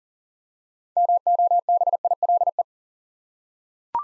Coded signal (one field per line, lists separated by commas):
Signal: Morse code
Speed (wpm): 40 wpm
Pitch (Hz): 700 Hz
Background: none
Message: MOBILE